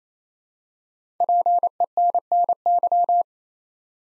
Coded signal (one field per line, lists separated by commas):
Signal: Morse code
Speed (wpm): 29 wpm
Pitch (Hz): 700 Hz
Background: none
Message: PENNY